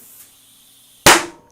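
A tubeless mountain bike tire on an Ibis Ripmo V2, inflated to about 35 psi, sits quietly under faint background noise. At 1.1 s its bead snaps onto the rim with a very loud, sharp, gunshot-like bang that rings briefly and fades. The bead is now seated on the rim.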